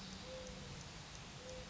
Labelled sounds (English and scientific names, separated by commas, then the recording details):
Mourning Dove (Zenaida macroura)
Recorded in Sonoma County, California